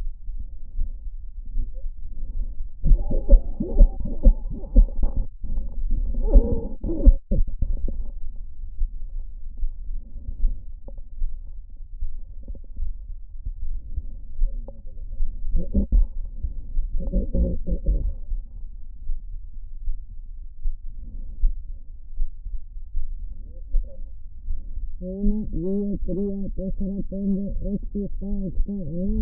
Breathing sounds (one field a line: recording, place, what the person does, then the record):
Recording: lung sounds by stethoscope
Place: left posterior apical chest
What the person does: quiet breathing, then cough and speech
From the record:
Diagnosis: pulmonary infection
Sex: female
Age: 74 years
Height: 160 cm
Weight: 66 kg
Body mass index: 25.8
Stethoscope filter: diaphragm mode